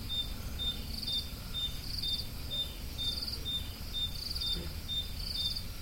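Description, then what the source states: High cricket chirps repeat at a regular pace while a second cricket adds pulsed trills about once a second, over faint low-frequency noise. Crickets, more than one, recorded at Roodekopjes.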